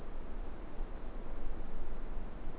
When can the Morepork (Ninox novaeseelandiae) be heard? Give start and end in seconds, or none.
none